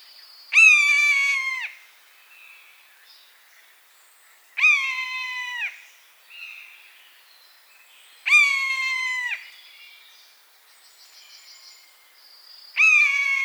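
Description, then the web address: Buzzard repeating a plaintive, falling mew roughly every four seconds, four calls in all, with quiet gaps between. "animal-sound buzzard-sound"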